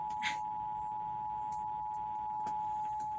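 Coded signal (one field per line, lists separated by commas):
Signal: Emergency Alert System (SAME) tones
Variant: 853 and 960 Hz attention tone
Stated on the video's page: AMBER Alert EAS activation caught live on an AM news-talk station, also relayed on FM and TV stations and NOAA Weather Radio.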